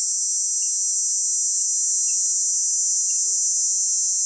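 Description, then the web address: Dog-day cicada song, a steady, unbroken high-pitched electric buzz holding at one level throughout. North America. "Songs of Insects. Dog-day Cicada"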